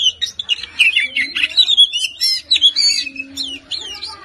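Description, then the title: Oriental magpie-robin song: continuous rapid medley of sweet whistles, slurred notes and chatters, quite varied, with a faint low hum beneath. "Kacer"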